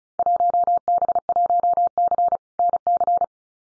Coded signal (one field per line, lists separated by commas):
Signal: Morse code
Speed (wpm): 36 wpm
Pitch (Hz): 700 Hz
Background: none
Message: 1B1C NC